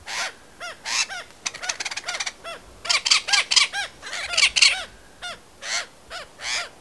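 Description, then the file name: Great spotted cuckoo uttering harsh, squawking calls with arched, nasal notes, delivered in irregular bursts and quick chattering runs. "Cuculo Dal Ciuffo"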